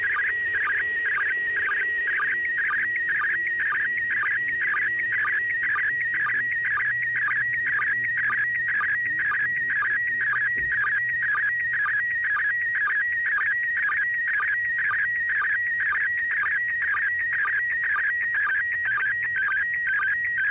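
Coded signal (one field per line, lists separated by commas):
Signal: SSTV (slow-scan television)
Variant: PD120 mode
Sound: continuous warbling whistle around 2 kHz with rapid regular clicks, slightly noisy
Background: radio static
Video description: Decoding SSTV from the International Space Station on 145.800 MHz PD120 mode.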